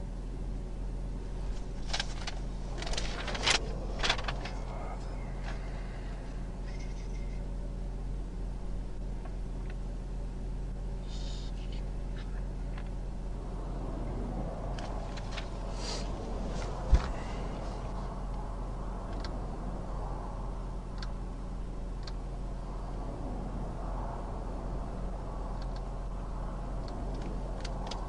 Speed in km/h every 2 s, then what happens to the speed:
0, 0, 0, 0, 0, 0, 0, 0, 0, 0, 0, 0, 0, 0.
0-28 standing.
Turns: none.